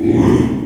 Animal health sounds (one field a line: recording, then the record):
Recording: squeal of a Yucatan mini pig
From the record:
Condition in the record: after surgery on the right vocal fold (resection and tissue-engineered implant)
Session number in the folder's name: 4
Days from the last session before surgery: 42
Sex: male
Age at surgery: 12 weeks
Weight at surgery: 13 kg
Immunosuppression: cyclosporine, prednisolone